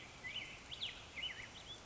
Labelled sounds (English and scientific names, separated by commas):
Black-headed Grosbeak (Pheucticus melanocephalus)